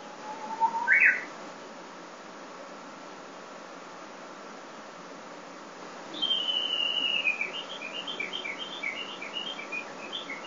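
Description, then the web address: Japanese bush warbler gives a rising whistle with a sharp flourish, then after a pause a long descending sweep followed by a rapid run of repeated chirping notes. Recorded 12 May 2016. "kiracladays. uguisu 160512"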